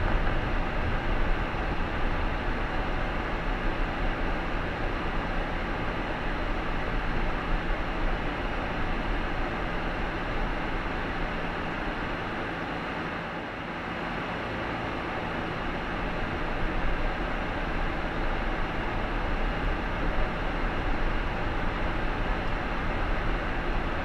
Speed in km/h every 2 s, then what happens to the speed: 20, 13, 13, 13, 12, 8, 0, 6, 13, 14, 14, 15.
0-2 brakes to 13. 2-9 steady at about 13. 9-11 brakes to 0. 11-13 standing. 13-16 pulls away to 13. 16-24 steady at about 14.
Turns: none.